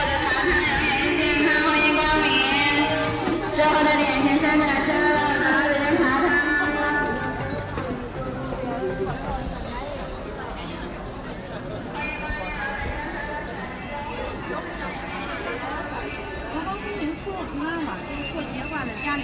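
Crowd sounds from Nanluoguxiang, with many overlapping voices talking at once in a steady murmur. The first seven seconds are louder, with a clear voice or two standing out, then the babble settles to a softer, continuous hum of chatter.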